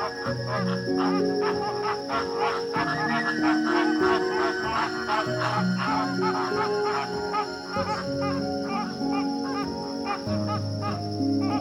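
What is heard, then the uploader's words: Flamingos honk and chatter in a dense, continuous flock, calls overlapping in quick bursts over a steady low drone and a faint high whine. Flamingos in the Wetlands.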